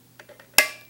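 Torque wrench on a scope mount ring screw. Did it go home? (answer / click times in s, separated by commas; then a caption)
yes / 0.6 s. A torque wrench set to 30 inch-pounds tightens a steel scope-mount ring screw, so each screw is torqued evenly without being over-torqued. A few faint ticks at 0.2 s and 0.4 s lead up to one sharp, loud click at 0.6 s that rings briefly. The click confirms the wrench has reached its 30 inch-pound setting.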